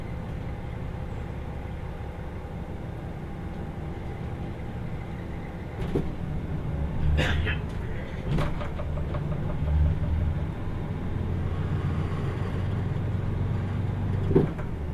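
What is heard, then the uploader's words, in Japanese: Inside a diesel express train climbing a steep mountain line, a steady low engine drone and rolling rumble fill the whole clip. Sharp metallic clanks and knocks break through around the middle and again near the end, over a faint hiss. 豊肥本線 九州横断特急3号 立野→宮地。立野を出るとスイッチバックで逆走していき、再度向きを変えて阿蘇の急峻な坂を上がっていきます。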